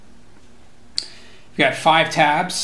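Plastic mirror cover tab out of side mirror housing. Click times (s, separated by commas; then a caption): 1.0 s. On a 2008–2010 Honda Accord side mirror, the plastic skull cap is being pried off the mirror housing, and one of its five retaining tabs pops free with a sharp click at 0.98 s. Someone talks afterward.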